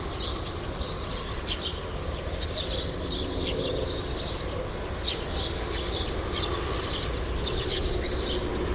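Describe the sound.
True sparrows chirping, many short bright chirps overlapping irregularly throughout, over a steady low background rumble.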